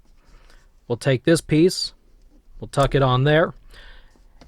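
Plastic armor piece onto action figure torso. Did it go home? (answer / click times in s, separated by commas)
yes / 4.4 s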